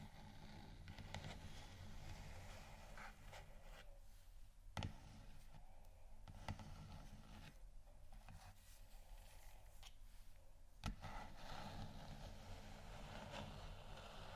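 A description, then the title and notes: Scratching and tapping on textured surfaces, with a dense, rough rustle running throughout over a steady low rumble. Small taps recur irregularly, and two sharp, louder knocks stand out near five and eleven seconds. ASMR Scratchingtapping On Textures（No Talking）.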